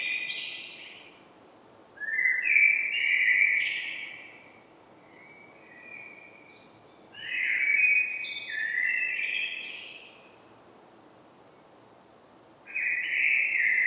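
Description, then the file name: Common blackbird song: several warbled phrases, some ending in a high scratchy twitter, separated by pauses of a few seconds. "Turdus merula"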